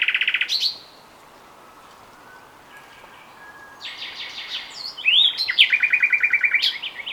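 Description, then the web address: Common nightingale song: a rapid buzzy trill, a pause, then varied whistles and a quick repeated series of sharp notes. "SETE Luscinia megarhynchos"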